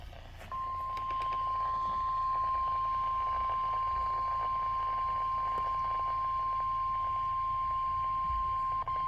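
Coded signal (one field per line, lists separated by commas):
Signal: Emergency Alert System (SAME) tones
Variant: 1050 Hz attention tone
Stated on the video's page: Required Weekly Test.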